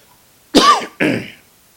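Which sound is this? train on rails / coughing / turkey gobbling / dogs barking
coughing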